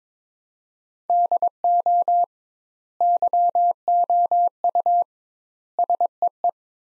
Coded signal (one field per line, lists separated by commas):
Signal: Morse code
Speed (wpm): 22 wpm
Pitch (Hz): 700 Hz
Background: none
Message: DO YOU SEE